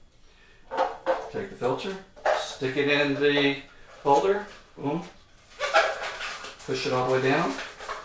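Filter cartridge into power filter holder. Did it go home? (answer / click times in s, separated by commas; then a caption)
no / none. An aquarium power filter cartridge is handled and put into its plastic holder to be pushed all the way down while someone talks throughout. Nothing has seated or clicked yet by the end of the clip.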